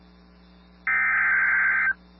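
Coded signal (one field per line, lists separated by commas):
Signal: Emergency Alert System (SAME) tones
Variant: header bursts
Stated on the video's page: Severe Thunderstorm Warning carrying valid, operational EAS tones.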